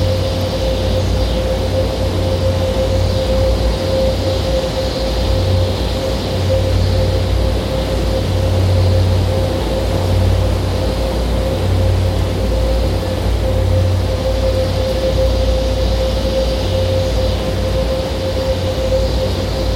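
A noise wall drone built from nature field recordings holds completely steady for the whole stretch, thick and unbroken. A heavy low rumble sits underneath, a thin pure tone hums in the middle, and a dense hiss fills the top with faint bright bands.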